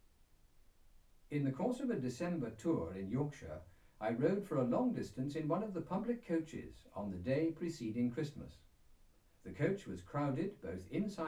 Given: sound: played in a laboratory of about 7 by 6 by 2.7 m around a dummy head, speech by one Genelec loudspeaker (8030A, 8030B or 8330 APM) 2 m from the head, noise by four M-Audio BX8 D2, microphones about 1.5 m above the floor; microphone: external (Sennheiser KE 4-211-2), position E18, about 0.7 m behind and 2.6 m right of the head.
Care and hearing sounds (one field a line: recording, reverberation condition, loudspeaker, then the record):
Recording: male speech in English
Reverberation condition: low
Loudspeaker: in front (0 degrees)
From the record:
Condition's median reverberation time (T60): about 310 ms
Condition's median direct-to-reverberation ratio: about 3.5 dB